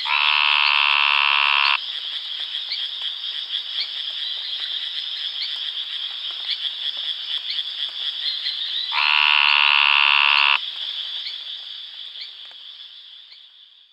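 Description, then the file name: Brongersma's snouted treefrog calls: two long, harsh, buzzy notes of about two seconds each, seven seconds apart, over a dense, steady chorus of high-pitched insect or frog pulses. "Scinax proboscideus"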